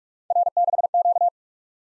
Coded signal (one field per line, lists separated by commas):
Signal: Morse code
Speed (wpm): 44 wpm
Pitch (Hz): 700 Hz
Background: none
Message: R6Q